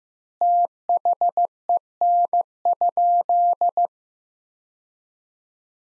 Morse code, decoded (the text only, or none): THEN?